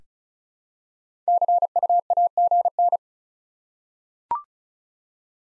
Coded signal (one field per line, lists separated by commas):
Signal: Morse code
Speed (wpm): 36 wpm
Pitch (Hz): 700 Hz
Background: none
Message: CUAGN